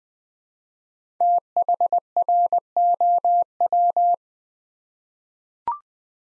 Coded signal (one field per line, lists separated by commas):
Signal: Morse code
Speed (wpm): 20 wpm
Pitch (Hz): 700 Hz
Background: none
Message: THROW